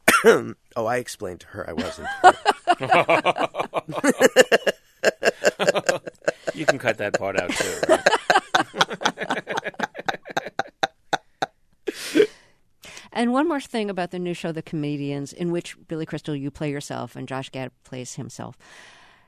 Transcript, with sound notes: I explained to her I wasn't.
(LAUGHTER)
You can cut that part out too, right?
(LAUGHTER)
And one more thing about the new show "The Comedians" in which, Billy Crystal, you play yourself and Josh Gad plays himself.